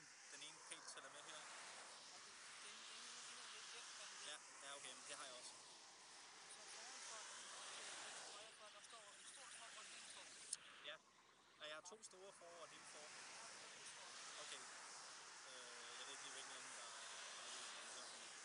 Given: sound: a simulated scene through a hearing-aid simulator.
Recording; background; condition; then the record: conversation; traffic; -4 dB SNR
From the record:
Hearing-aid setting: III (slow-acting compression, loudness normalization, advanced features for about 2.5 dB of SNR improvement); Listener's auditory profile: A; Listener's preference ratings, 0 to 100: 31, 43, 31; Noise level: 75 dB SPL